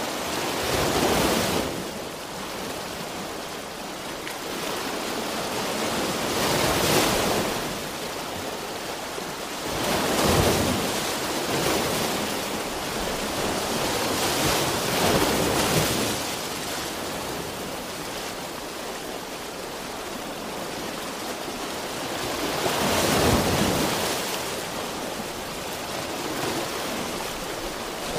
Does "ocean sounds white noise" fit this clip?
yes